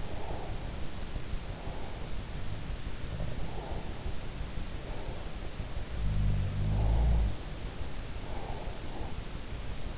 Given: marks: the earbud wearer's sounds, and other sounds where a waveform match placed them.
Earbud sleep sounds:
sounds in sleep by an in-ear microphone; breath
0.00-0.62 s: breath
2.28-4.32 s: sound from someone else or the room
5.93-7.31 s: sound from someone else or the room
8.16-9.16 s: breath

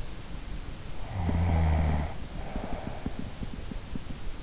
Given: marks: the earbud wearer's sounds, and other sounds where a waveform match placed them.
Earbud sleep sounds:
sounds in sleep by an in-ear microphone; snoring breath
1.00-3.57 s: snoring breath

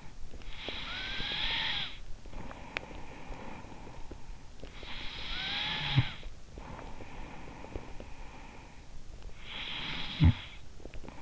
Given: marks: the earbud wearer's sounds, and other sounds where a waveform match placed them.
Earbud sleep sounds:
sounds in sleep by an in-ear microphone; snoring breath
0.00-11.22 s: snoring breath

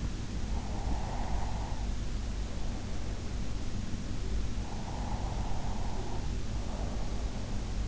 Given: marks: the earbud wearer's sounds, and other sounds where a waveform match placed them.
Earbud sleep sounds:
sounds in sleep by an in-ear microphone; breath
0.65-3.85 s: breath
4.83-7.88 s: breath

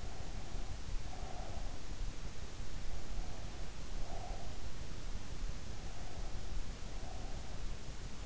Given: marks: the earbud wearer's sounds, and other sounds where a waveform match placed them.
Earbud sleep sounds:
sounds in sleep by an in-ear microphone; breath
0.00-1.69 s: breath
3.11-4.91 s: breath
5.84-7.68 s: breath

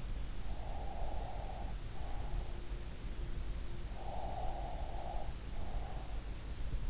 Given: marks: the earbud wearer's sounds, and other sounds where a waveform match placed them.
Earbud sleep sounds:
sounds in sleep by an in-ear microphone; breath
0.33-2.81 s: breath
3.85-6.34 s: breath

